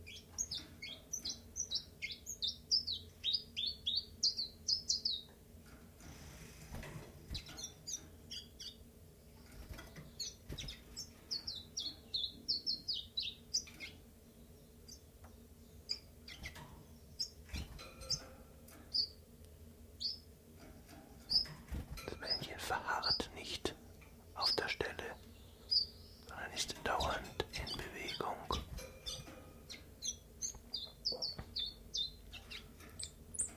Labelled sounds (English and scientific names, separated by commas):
Common Chiffchaff (Phylloscopus collybita)